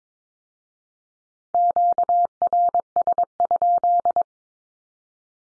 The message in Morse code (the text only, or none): QRS?